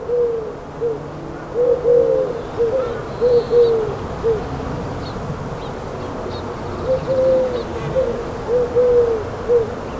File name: Tourterelles ma sange et abeilles 6 04 14